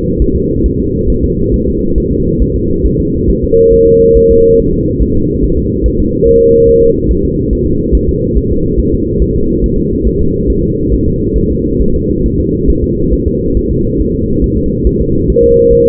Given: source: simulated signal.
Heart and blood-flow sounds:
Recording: fetal heart sounds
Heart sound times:
0.22 s: S1
0.36 s: S2
0.66 s: S1
0.80 s: S2
1.10 s: S1
1.24 s: S2
1.54 s: S1
1.68 s: S2
1.98 s: S1
2.12 s: S2
2.42 s: S1
2.56 s: S2
2.86 s: S1
3.00 s: S2
3.30 s: S1
3.44 s: S2
3.73 s: S1
3.88 s: S2
4.17 s: S1
4.31 s: S2
4.60 s: S1
4.74 s: S2
5.02 s: S1
5.17 s: S2
5.44 s: S1
5.58 s: S2
5.86 s: S1
6.00 s: S2
6.27 s: S1
6.42 s: S2
6.69 s: S1
6.83 s: S2
7.11 s: S1
7.25 s: S2
7.53 s: S1
7.67 s: S2
7.95 s: S1
8.09 s: S2
8.37 s: S1
8.52 s: S2
8.80 s: S1
8.94 s: S2
9.22 s: S1
9.36 s: S2
9.64 s: S1
9.78 s: S2
10.07 s: S1
10.21 s: S2
10.50 s: S1
10.64 s: S2
10.94 s: S1
11.08 s: S2
11.38 s: S1
11.52 s: S2
11.82 s: S1
11.96 s: S2
12.26 s: S1
12.40 s: S2
12.70 s: S1
12.84 s: S2
13.13 s: S1
13.28 s: S2
13.57 s: S1
13.71 s: S2
14.01 s: S1
14.15 s: S2
14.44 s: S1
14.58 s: S2
14.87 s: S1
15.01 s: S2
15.30 s: S1
15.44 s: S2
15.73 s: S1
15.87 s: S2
From the record:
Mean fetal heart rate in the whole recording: 140 bpm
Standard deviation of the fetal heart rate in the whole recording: 2 bpm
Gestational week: 34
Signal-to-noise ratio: -15.3 dB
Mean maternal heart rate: 72 bpm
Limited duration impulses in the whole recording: present

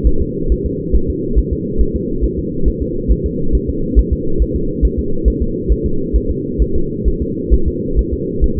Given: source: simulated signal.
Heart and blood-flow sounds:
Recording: fetal heart sounds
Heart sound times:
0.07 s: S1
0.22 s: S2
0.52 s: S1
0.66 s: S2
0.95 s: S1
1.10 s: S2
1.38 s: S1
1.53 s: S2
1.81 s: S1
1.96 s: S2
2.24 s: S1
2.39 s: S2
2.68 s: S1
2.82 s: S2
3.11 s: S1
3.26 s: S2
3.55 s: S1
3.70 s: S2
3.99 s: S1
4.13 s: S2
4.42 s: S1
4.56 s: S2
4.85 s: S1
4.99 s: S2
5.28 s: S1
5.42 s: S2
5.72 s: S1
5.86 s: S2
6.16 s: S1
6.31 s: S2
6.62 s: S1
6.76 s: S2
7.08 s: S1
7.22 s: S2
7.54 s: S1
7.68 s: S2
7.99 s: S1
8.13 s: S2
8.44 s: S1
8.58 s: S2
From the record:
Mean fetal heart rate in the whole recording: 135 bpm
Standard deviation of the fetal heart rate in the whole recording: 3 bpm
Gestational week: 34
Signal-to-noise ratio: -8.1 dB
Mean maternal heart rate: 72 bpm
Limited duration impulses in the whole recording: absent

